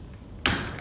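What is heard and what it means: A T-handle torque limiter from a Mikron Polar/Procyon posterior spinal set is turned clockwise to tighten a set screw in a spinal screw head. After quiet low rumble, a sharp second click sounds at 0.5 s, followed by a fainter tick near 0.8 s. The second click means the set torque has been applied.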